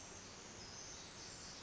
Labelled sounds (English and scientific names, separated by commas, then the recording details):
Pacific Wren (Troglodytes pacificus)
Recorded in Sonoma County, California